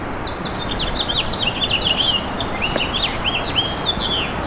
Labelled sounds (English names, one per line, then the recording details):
House Finch song
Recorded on Long Island, New York, on 21 April 2011
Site SR
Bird E